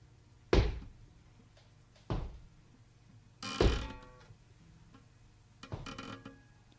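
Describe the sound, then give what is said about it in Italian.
A wooden parquet floor creaks under slow steps: four separate woody groans and knocks spaced roughly a second and a half apart, each fading quickly, with no voices. “Scricchiola. Il parquet del nonno scricchiola. Ogni volta che lo vado a trovare, lui è nel suo studio, dove il parquet scricchiola.”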